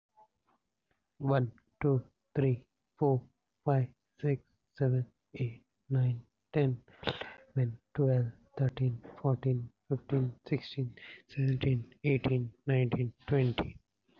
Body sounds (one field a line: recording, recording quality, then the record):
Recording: counting at a normal pace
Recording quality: excellent, no background noise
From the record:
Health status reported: COVID-19 positive, mild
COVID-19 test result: positive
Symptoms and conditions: cough, sore throat, fever, pneumonia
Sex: male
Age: 32 years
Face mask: not worn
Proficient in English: yes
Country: India